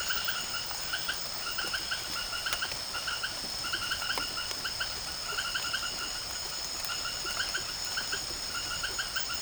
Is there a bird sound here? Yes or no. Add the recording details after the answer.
no. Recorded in secondary vegetation near Puerto Asís, Putumayo, Colombia, on 24 March 2025 at 18:30. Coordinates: 0.489, -76.322. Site G042